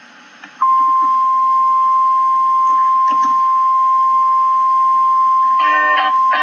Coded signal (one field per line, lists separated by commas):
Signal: Emergency Alert System (SAME) tones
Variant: 1050 Hz attention tone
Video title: REAL EAS 432- Severe thunderstorm warning